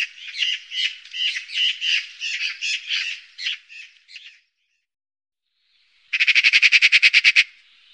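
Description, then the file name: Eurasian magpie giving a harsh, uneven chatter of rasping notes, then a pause of about two seconds before a quick, loud, even rattle. "Skata"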